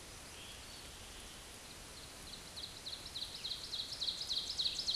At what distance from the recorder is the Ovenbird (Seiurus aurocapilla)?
about 40 m